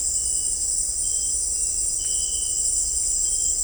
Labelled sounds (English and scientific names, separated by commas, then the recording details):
none
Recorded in dense forest near Puerto Asís, Putumayo, Colombia, on 18 December 2024 at 18:00
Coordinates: 0.500, -76.322
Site G053